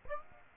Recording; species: mosquito wingbeat signal from an infrared sensor; Aedes aegypti